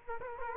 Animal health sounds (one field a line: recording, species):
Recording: mosquito wingbeat signal from an infrared sensor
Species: Culex quinquefasciatus